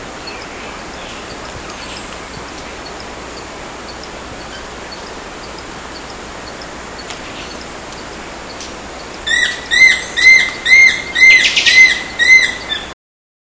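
Yellow-browed woodpecker calling, a quick run of about eight evenly spaced, ringing notes near the end, after a long stretch of steady background hiss.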